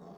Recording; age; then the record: pig call; piglet (1 to 25 days)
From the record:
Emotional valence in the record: negative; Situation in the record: long isolation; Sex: male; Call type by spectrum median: low-frequency call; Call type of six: low-frequency stable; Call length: 0.18 s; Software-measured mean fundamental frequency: 61 Hz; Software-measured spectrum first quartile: 220 Hz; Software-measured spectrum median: 425 Hz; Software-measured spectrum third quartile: 735 Hz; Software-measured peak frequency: 186 Hz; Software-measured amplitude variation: 95 dB a second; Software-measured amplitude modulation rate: 19.9 a second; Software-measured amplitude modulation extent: 4.8 dB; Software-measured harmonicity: 1.6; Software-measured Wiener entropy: 0.15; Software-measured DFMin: 1409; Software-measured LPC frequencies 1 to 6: 556, 3589, 4564, 5441, 6344, 7482 Hz